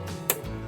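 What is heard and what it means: An ECC memory module is pressed into a DIMM slot on a T7910 series workstation motherboard. Over a steady background sound, the first of its two side retention latches snaps shut with one sharp click at 0.3 s. The module is only partly in and not yet fully seated.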